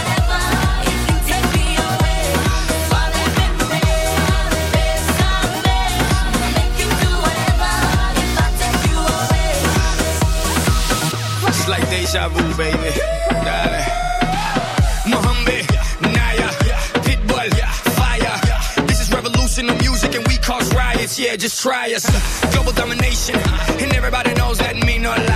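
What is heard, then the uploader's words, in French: An evening out at the bowling alley, filled with loud, dense dance music on a steady, fast beat with a thumping bass line. Around eleven seconds the bass slides downward in steps, and near twenty-two seconds the music briefly drops out before the beat returns. Une soirée vraiment sympa au bowling st savin.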